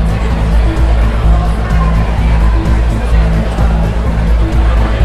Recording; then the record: background sound without coughing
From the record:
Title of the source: Party Noise 1 Hour Party Ambience